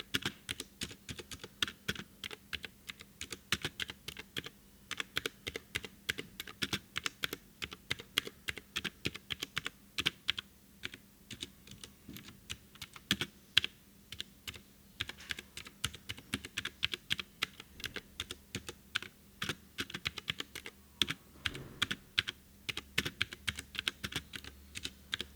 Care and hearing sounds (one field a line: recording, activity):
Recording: daily activity, guitar pickup as the sensor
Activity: type